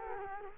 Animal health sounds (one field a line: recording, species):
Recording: mosquito wingbeat signal from an infrared sensor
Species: Culex quinquefasciatus